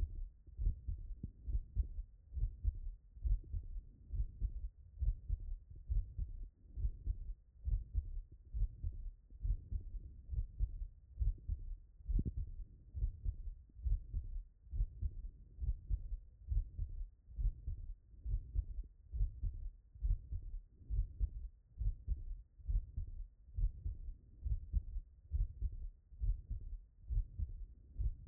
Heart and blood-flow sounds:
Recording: heart sounds by stethoscope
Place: tricuspid valve (TV)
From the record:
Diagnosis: non-HFrEF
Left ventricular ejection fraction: 57%

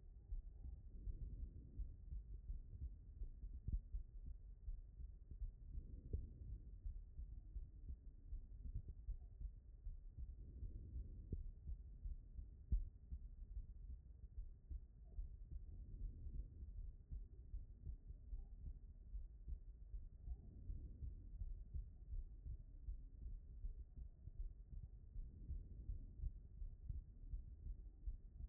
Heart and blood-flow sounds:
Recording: heart sounds by stethoscope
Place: aortic valve (AV)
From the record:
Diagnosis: non-HFrEF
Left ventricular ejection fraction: 69%

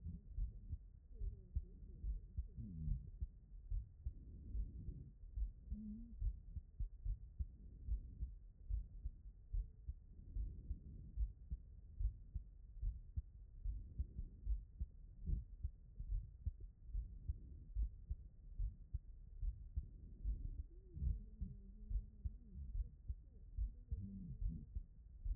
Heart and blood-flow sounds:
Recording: heart sounds by stethoscope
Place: tricuspid valve (TV)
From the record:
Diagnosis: non-HFrEF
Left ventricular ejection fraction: 64%

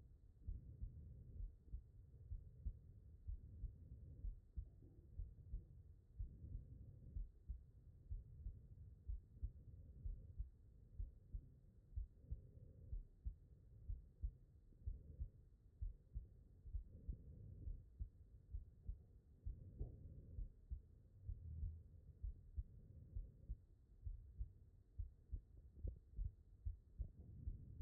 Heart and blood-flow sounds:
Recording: heart sounds by stethoscope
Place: pulmonary valve (PV)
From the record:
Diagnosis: non-HFrEF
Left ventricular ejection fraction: 58%

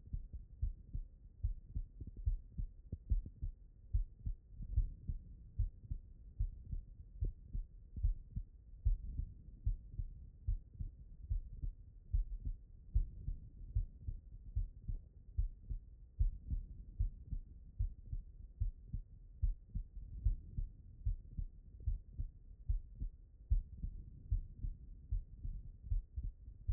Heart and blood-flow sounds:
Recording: heart sounds by stethoscope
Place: pulmonary valve (PV)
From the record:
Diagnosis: non-HFrEF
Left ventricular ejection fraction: 69%

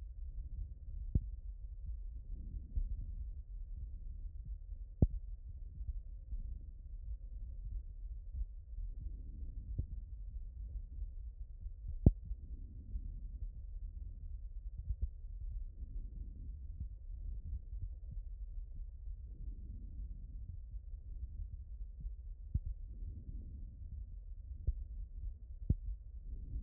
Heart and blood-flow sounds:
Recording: heart sounds by stethoscope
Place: aortic valve (AV)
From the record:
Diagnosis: HFrEF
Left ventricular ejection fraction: 30%

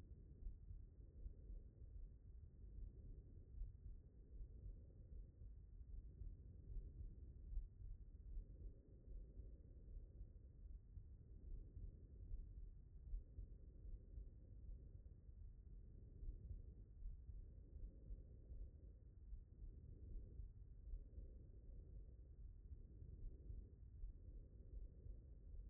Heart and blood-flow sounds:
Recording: heart sounds by stethoscope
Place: aortic valve (AV)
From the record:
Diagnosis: non-HFrEF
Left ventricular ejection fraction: 61%

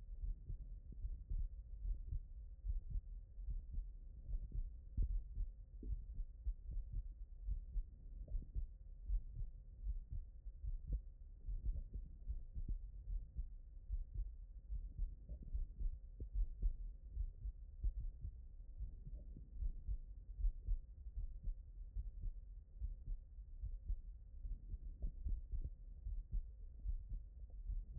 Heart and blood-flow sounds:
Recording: heart sounds by stethoscope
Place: tricuspid valve (TV)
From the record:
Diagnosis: non-HFrEF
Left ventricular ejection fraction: 73%

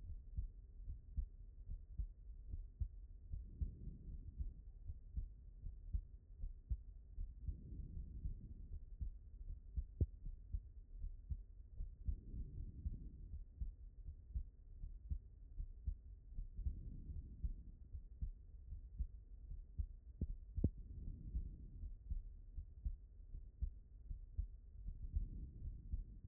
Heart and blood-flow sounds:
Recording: heart sounds by stethoscope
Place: pulmonary valve (PV)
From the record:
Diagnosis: HFrEF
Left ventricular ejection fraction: 23%

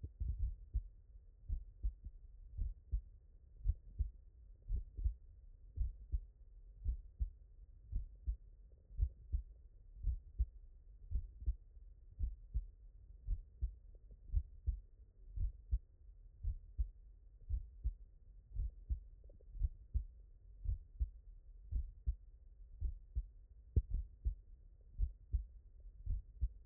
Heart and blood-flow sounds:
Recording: heart sounds by stethoscope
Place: tricuspid valve (TV)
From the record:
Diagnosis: non-HFrEF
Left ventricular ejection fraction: 68%

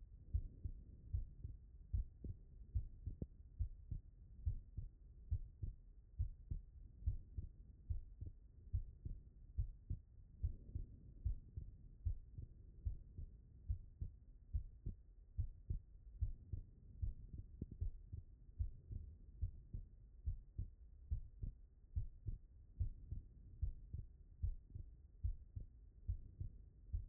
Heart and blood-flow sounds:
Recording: heart sounds by stethoscope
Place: pulmonary valve (PV)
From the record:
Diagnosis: non-HFrEF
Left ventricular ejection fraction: 60%

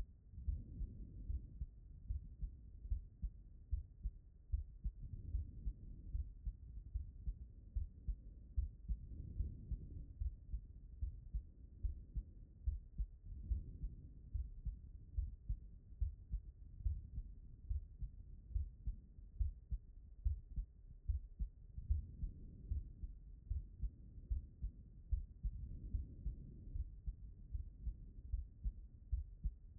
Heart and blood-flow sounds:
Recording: heart sounds by stethoscope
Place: pulmonary valve (PV)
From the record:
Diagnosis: non-HFrEF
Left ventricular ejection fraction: 65%

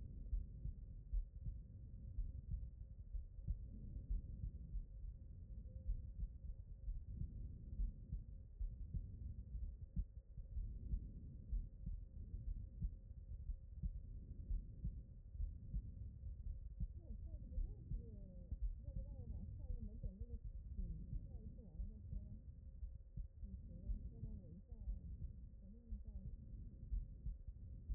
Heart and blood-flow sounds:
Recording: heart sounds by stethoscope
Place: aortic valve (AV)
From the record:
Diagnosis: non-HFrEF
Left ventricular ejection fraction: 64%

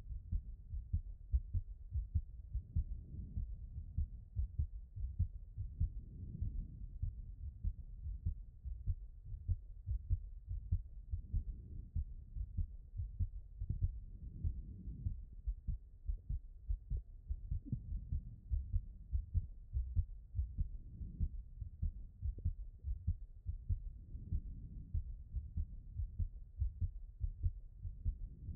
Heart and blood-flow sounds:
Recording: heart sounds by stethoscope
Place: pulmonary valve (PV)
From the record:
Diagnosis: HFrEF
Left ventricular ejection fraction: 10%

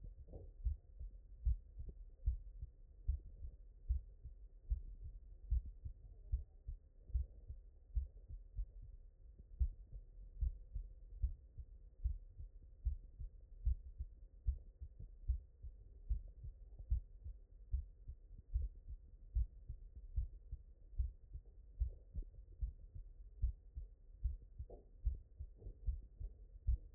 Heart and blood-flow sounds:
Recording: heart sounds by stethoscope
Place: mitral valve (MV)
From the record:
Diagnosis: non-HFrEF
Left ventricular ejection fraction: 69%

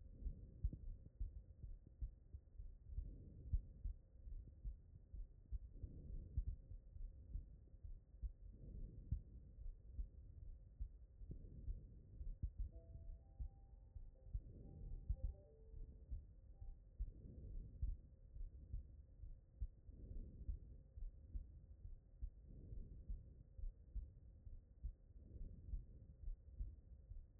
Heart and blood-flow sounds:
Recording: heart sounds by stethoscope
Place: aortic valve (AV)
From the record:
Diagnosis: non-HFrEF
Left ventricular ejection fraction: 69%

